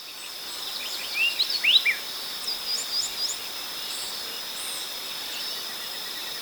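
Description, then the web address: Speckle-breasted wren giving one brief phrase of slurred whistles, followed by faint notes, against a continuous shrill insect background. Ecuador. "Birds of Ecuador Speckle-breasted Wren"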